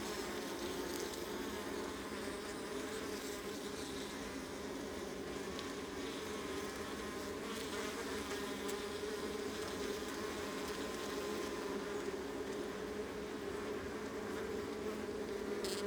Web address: Ivo Vicic - Northern Mediterranean soundscapes - Adriatic sea Honey bee colony close